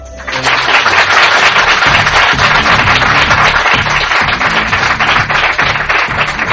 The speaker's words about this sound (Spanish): Los saludamos entre todos con un aplauso, que os escuchen bien.